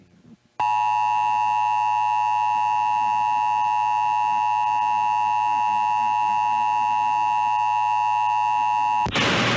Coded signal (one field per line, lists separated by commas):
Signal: Emergency Alert System (SAME) tones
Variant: 853 and 960 Hz attention tone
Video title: EAS Required Monthly Test Minnesota Statewide Test SeaTTY (MPR/KNOW, KS95/KSTP-FM, And KTCZ)